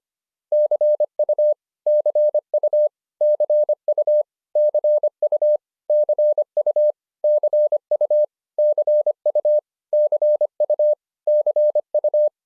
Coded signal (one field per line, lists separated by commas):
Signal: Morse code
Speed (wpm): 25 wpm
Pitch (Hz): 3300 Hz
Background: none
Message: CU CU CU CU CU CU CU CU CU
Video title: 【シン・モールス講座】1-18 CU